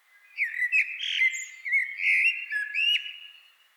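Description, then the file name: Common blackbird song, a mellow warbling phrase of varied whistled notes with a few thin high squeaky notes mixed in, clean quiet background. "Turdus merula"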